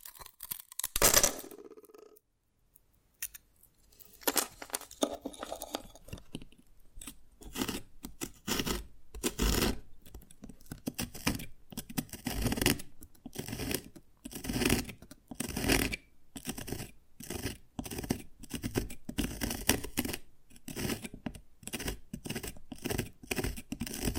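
Tapping and cracking on dalgona candy, starting with a few separate clicks and a short ringing tone near the first second. After a quiet gap, dense, irregular taps and crisp scratchy cracks run steadily to the end, quick and bright, with no other sounds behind them.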